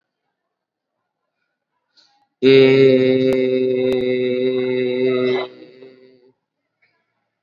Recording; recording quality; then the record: sustained vowel as in made; excellent, no background noise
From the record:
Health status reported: COVID-19 positive, mild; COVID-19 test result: positive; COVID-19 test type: RT-PCR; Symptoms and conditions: cough, fever, fatigue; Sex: male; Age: 18 years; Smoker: no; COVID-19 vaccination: both doses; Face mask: worn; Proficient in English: yes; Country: India